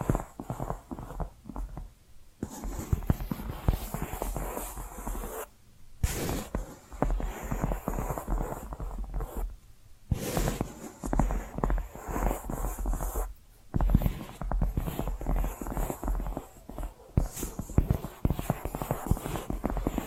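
Tapping and scratching sounds run in dense, irregular bursts of quick taps mixed with rough scratching strokes. The activity stops briefly near 2.5, 6, 10 and 13.5 seconds, with short silent gaps before resuming. A faint steady high whine sits underneath throughout.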